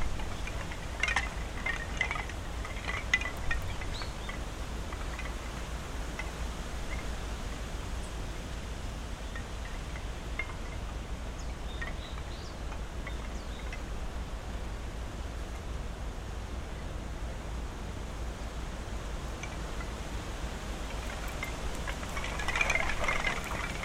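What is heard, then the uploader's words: Wind rushes steadily through tall trees, a dense, even hiss with a low rumble beneath it throughout. Brief clattering and knocking sounds come in clusters near the start, around the first few seconds, and again toward the end, alongside faint bird calls in the middle. Takano Shrine on a Windy December Day. At Takano Shrine in Ritto City, Shiga Prefecture, Japan, we can hear wind blowing through high trees in the sacred grove; noisy aircraft, traffic, and other human sounds; several species of birds; and the clatter of wooden prayer tablets that hang near the main sanctuary.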